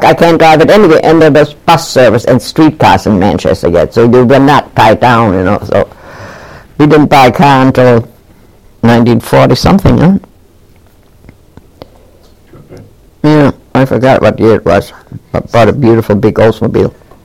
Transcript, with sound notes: I can't drive it anywhere," and there was bus service and streetcars in Manchester yet, so you were not tied down, you know. So we didn't buy a car until 1940 something, huh? (Voice from off mike) Yeah, I forgot what year it was, but bought a beautiful big Oldsmobile.